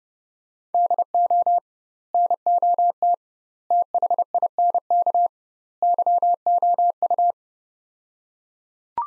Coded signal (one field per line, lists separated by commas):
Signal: Morse code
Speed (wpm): 30 wpm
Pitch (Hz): 700 Hz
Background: none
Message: DO NOT THINK YOU